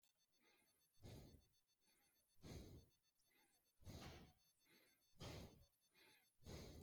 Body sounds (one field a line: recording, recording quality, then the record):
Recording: shallow breathing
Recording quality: moderate, slight background noise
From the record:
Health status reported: healthy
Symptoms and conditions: asthma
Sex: male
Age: 41 years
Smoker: not ticked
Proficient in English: yes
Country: India